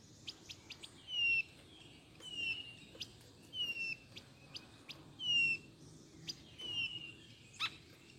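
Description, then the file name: Blue-naped chlorophonia giving soft, high whistled notes, each slurring downward, repeated at a steady pace, with sharp dry clicks scattered between them. "canto do gaturamo bandeira"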